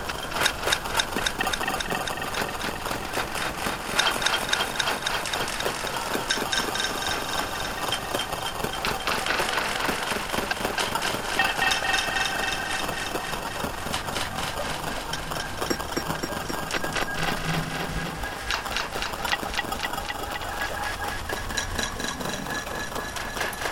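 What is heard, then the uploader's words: A few ice cubes rattle and clink inside a large glass, a dense, steady stream of quick taps and knocks for the whole stretch. The clatter is bright, with a rougher, busier patch around the middle and no long pauses. After recording a few cubes in a large tankard-style glass, I made an annoying though possibly reusable rhythm out of small sections of clink, thwock & crack. Made additional connections, added egregious amounts of delay. I made 3 versions of the output from this set up - 1 at 1bpm, 1 at 66.5bpm & 1 at 115bpm.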